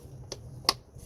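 Two air filter housing clips on the airbox of a 2012 Toyota RAV4 with the 2.5 four-cylinder engine are snapped shut one after another during an engine air filter replacement. Two sharp clicks sound at 0.3 s and 0.7 s, the second louder than the first. Both clips are seated and the housing is closed.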